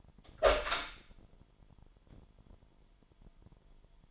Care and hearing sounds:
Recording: daily activity, microphone in the room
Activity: open door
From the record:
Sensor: 5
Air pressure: 998.5 hPa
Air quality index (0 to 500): 82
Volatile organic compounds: 1 ppm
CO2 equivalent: 934 ppm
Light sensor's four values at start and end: 31/76/31/34 and 31/76/31/35

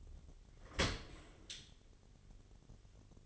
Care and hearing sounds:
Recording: daily activity, microphone in the room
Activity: open dishwasher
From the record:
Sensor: 4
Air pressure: 1007.5 hPa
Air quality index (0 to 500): 199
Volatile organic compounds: 7 ppm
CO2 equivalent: 1987 ppm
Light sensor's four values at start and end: 22/71/27/26 and 23/71/27/26

